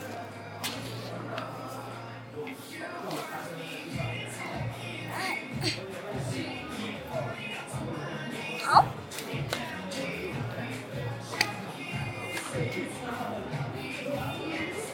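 An Apple store in Sanlitun, Beijing, at eight in the evening: many voices overlap in a constant, dense chatter for the whole clip. A low steady hum runs underneath, and scattered taps and knocks break through, with a sharp bright clack near the nine-second mark.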